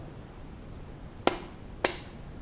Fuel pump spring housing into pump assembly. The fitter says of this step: voilà c'est clipsé ça bouge plus